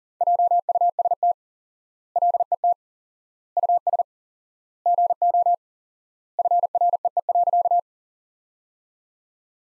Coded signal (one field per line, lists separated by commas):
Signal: Morse code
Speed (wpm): 40 wpm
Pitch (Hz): 700 Hz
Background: none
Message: JUST LET US GO FREE.